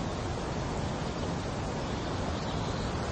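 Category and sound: nature, calm sea waves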